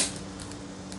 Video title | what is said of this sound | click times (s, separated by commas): unboxing the 40 volt ROYBI LAWN MOWER | until it snaps into place there, just like that. | 0.9 s